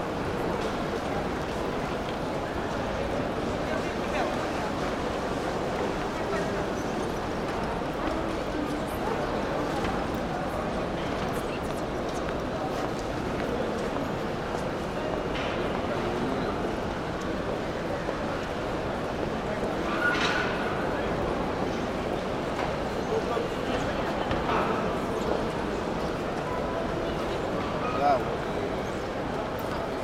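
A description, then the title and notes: Steady airport terminal ambience, a dense wash of overlapping voices blending into a constant murmur. Brief brighter sounds rise out of the crowd now and then, clearest around twenty and twenty-eight seconds, while the overall level stays even throughout. Airport Terminal Ambience Noise.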